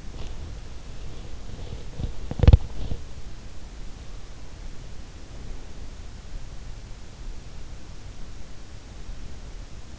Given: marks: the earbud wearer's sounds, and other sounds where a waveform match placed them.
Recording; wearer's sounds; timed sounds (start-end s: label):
sounds in sleep by an in-ear microphone; teeth grinding
0.00-3.10 s: teeth grinding